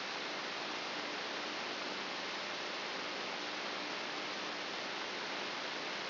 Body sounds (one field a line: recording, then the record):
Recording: brain microelectrode recording played as sound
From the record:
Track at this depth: inside the subthalamic nucleus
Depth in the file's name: 1.227 mm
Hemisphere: left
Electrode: 3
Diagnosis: Parkinson's disease